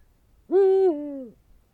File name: uhu bagoly hangja